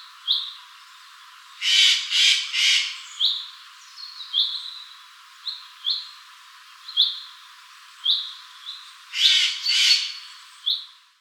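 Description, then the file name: Eurasian jay uttering two bursts of rough, grating screeches, three then two notes, amid frequent short, clear rising chirps. "Garrulus glandarius"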